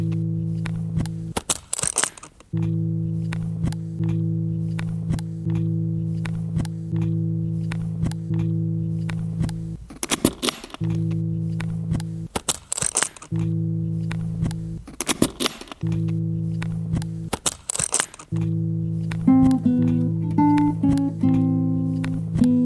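A guitar rings with sustained low notes that hum steadily, while sharp knocks and scrapes from handling the guitar and its case break in every few seconds. Near the end, brighter plucked notes sound briefly and waver.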